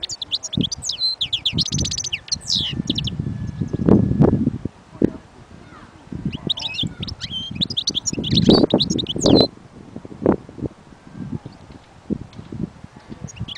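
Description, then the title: European goldfinch twittering song with quick bright chirps and a buzzy trill, delivered in two spells, against strong low rustling and rumbling noise. Wild bird. "اجمل غناءالحسون الخلويchant chardonneret sauvage collection"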